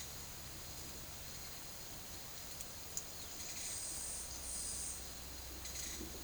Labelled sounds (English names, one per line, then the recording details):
none
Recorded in secondary vegetation near Puerto Asís, Putumayo, Colombia, on 24 March 2025 at 10:30
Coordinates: 0.489, -76.322
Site G042